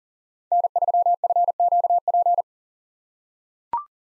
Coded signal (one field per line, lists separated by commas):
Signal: Morse code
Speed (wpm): 40 wpm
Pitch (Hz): 700 Hz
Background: none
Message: N3FQP